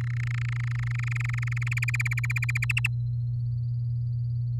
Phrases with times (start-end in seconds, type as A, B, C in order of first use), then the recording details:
0.01-1.74 A, 1.77-2.65 B, 2.70-2.87 C. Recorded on 10 May 2018 at 16:04. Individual llb16